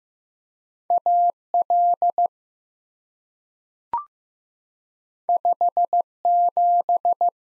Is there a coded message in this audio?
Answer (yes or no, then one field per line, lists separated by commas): yes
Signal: Morse code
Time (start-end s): 0.9-7.3 s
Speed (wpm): 15 wpm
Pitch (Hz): 700 Hz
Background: none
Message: AL 57